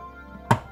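A blue plastic hose piece is plugged into a socket on the driver's side of a Playmobil Ghostbusters Ecto-1 toy car. After a quiet stretch with faint steady tones, a single sharp plastic click sounds at 0.5 s and quickly fades. The hose is seated in the socket.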